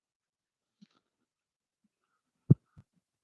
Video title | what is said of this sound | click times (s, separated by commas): Portable Flamethrower Build, Join if You Dare Part 1 | so ready you're about toar the tongue snap into place | 2.5 s